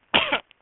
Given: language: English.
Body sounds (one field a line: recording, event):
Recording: throat vibration sensor signal played as sound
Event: cough